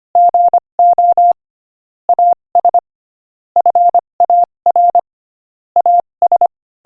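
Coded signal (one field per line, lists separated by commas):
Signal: Morse code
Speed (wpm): 26 wpm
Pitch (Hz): 700 Hz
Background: none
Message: GO AS FAR AS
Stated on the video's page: Morse code listening practice at 25 wpm, inspirational quotation.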